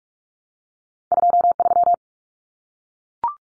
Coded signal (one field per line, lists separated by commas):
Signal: Morse code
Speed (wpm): 44 wpm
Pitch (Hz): 700 Hz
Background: none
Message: 23